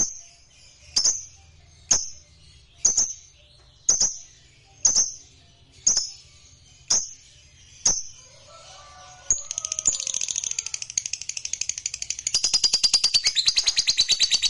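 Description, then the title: Lovebird calls, sharp high chirps about once a second, then a fast high chattering trill building up near the end. Song of a lazy lovebird stimulated into singing. "LOVEBIRD Malas Bunyi JADI GREGET SPONTAN Langsung NARIK"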